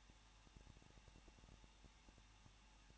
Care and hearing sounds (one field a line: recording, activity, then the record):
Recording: daily activity, microphone in the room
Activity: no activity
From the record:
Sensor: 1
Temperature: 20.1 degrees Celsius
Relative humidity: 39.1%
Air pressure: 1006.3 hPa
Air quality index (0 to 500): 217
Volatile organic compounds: 76 ppm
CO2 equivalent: 3574 ppm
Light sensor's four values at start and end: 1/2/1/1 and 1/2/1/1